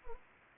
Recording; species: mosquito wingbeat signal from an infrared sensor; Anopheles arabiensis